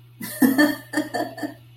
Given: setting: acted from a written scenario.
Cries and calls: vocal sound without words; amusement

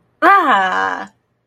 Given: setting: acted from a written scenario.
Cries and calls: vocal sound without words; pride

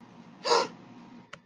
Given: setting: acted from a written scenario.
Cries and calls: vocal sound without words; negative surprise

